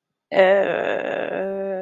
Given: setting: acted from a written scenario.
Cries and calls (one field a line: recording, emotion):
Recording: vocal sound without words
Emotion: guilt